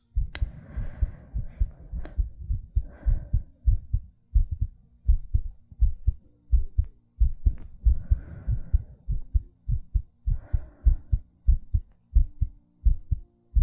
ASMR Heartbeat Breathing.